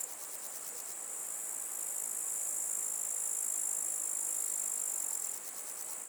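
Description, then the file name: Grasshopper stridulation, a steady high-pitched sizzle with faint rapid pulses at the start and finish, ending abruptly. "zvuki kuznechika"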